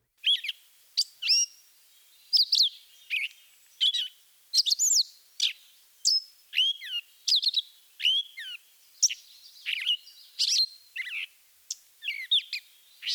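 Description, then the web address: Northern mockingbird song, a varied string of sharp, sweeping high phrases. Mimicry in the song of the Northern mockingbird, from a birding-by-ear guide to eastern and central North America. "Birding by Ear, Eastern and Central North America - Peterson Guides. Mimics Northern Mockingbird"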